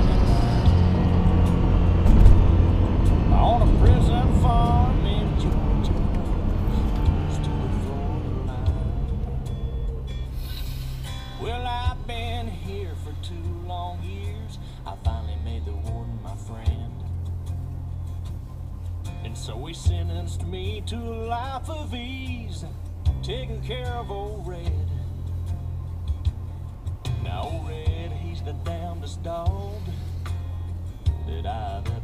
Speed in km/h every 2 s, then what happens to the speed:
87, 77, 60, 29, 3, 3, 0, 0, 0, 0, 0, 0, 0, 0, 0, 0.
0-8 brakes to 3. 11-32 standing.